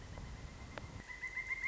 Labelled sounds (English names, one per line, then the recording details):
Pileated Woodpecker
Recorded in Sonoma County, California